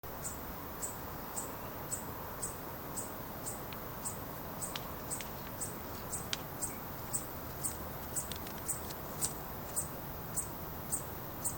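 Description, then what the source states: Insect chirping at night: short high-pitched pulses repeated steadily about twice a second, over a constant low background hiss. Recorded at night on 2 August 2020.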